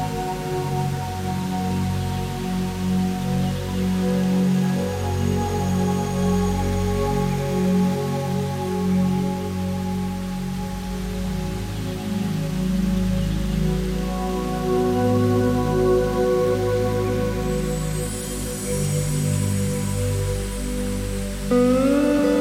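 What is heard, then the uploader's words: Slow ambient harmony with sustained, gliding tones holds steady over the whole stretch, layered with a soft, even hiss of rain. Low pulsing notes sit underneath, and near the end a brighter sliding tone rises and a shimmering high texture comes in. Feel the deep peace to the ambient harmony with slide guitar and sound of rain.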